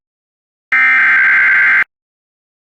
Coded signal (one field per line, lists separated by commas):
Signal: Emergency Alert System (SAME) tones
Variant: header bursts